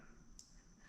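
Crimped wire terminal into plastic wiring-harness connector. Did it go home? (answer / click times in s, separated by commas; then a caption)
yes / 0.4 s. A crimped terminal on a red wire (pin one) is pushed into the back of a plastic wiring-harness connector during a re-wire of a Barra Mustang, while someone talks over a steady background hum. A short, sharp click at 0.4 s marks the terminal locking into place: seated.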